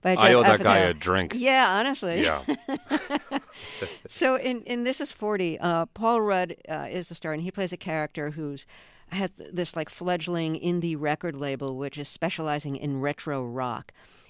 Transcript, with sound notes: I owe that guy a drink.
Yeah, honestly.
Yeah.
(LAUGHTER)
So in "This Is 40," Paul Rudd is the star, and he plays a character who has this, like, fledgling indie record label, which is specializing in retro rock.